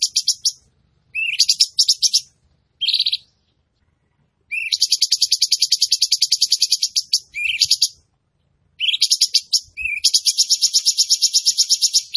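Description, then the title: Tembakan bird pouring out long, fast trills of high, metallic notes, broken by short pauses and a few scratchy chirps. Training recording (masteran) for cage birds, featuring a vigorously singing (gacor) Tembakan bird. "Masteran Burung Tembakan Gacor"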